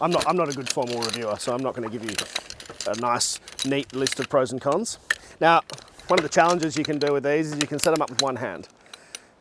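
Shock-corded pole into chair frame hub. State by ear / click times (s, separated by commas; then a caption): seated / 8.9 s, 9.1 s. Someone talks for most of the clip, then sets up the shock-corded aluminium frame poles of a four-year-old Helinox Savanna camping chair with one hand. Two sharp snaps at 8.9 s and 9.2 s mark the poles popping into their hub sockets, with the frame seated in place.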